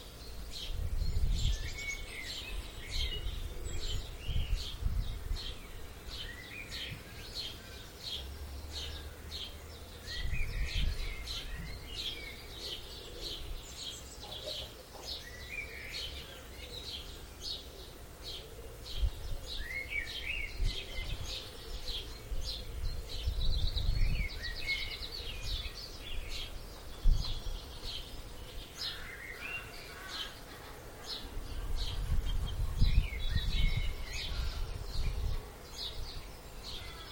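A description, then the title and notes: Dawn chorus of blackbirds, robins, dunnocks and great tits in a Wiltshire village, with many overlapping bright chirps and trills filling the whole stretch. Low rumbling swells rise and fade underneath at intervals, around 1, 10, 23 and 33 seconds. Extended recording of the dawn chorus from a Wiltshire village. Deep in a Wiltshire vale, the comforting tang of woodsmoke hangs over a slumbering village. It's 5am and still dark but a magical chorus of blackbirds, robins, dunnocks and great tits greets the coming dawn. Recorded by Tanya Jackson.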